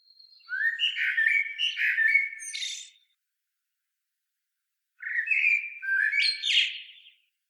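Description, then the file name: Common blackbird song: two mellow, fluted warbling phrases, each ending in a squeaky high twitter, separated by about two seconds of silence. "Turdus merula"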